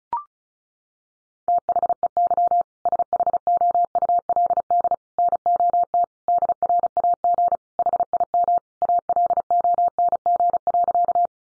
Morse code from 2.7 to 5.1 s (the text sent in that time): SHOULD